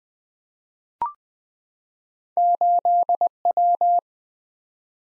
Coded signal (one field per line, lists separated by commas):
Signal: Morse code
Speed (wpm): 20 wpm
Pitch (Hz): 700 Hz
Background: none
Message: 8W